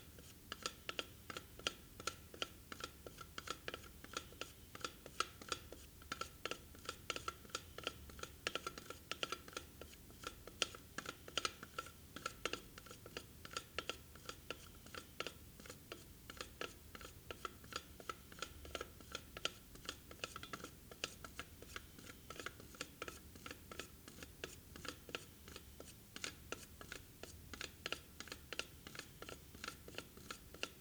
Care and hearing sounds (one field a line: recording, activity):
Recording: daily activity, guitar pickup as the sensor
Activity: fry